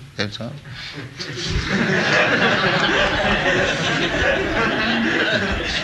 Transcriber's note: laughter